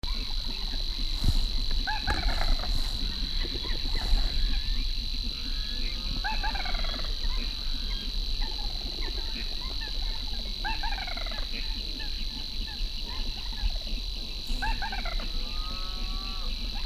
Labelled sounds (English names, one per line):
Little Crake call